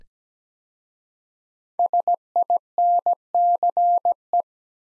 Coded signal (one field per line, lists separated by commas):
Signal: Morse code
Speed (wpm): 17 wpm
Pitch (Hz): 700 Hz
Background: none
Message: SINCE